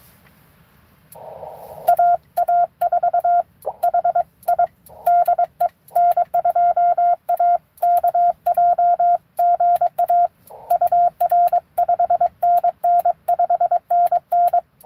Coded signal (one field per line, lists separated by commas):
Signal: Morse code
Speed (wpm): 22 wpm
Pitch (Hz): 700 Hz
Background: radio noise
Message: AA4HI DE N2AKJ GA UR 5NN 5NN